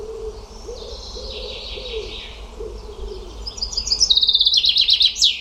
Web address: cianscape birddata Deverinetal 2025 File origin Bird Only